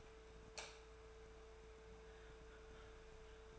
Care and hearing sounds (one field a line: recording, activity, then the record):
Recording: daily activity, microphone in the room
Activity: light on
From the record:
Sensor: 2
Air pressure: 1014.6 hPa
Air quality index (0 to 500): 188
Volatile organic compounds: 15 ppm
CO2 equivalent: 2487 ppm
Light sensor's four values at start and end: 8/21/8/9 and 13/39/15/16